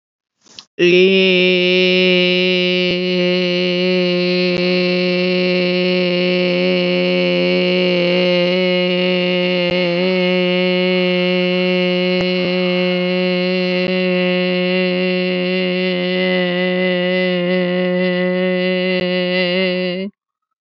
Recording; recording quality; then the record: sustained vowel as in made; excellent, no background noise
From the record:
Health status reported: healthy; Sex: female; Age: 38 years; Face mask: not worn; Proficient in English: yes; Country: India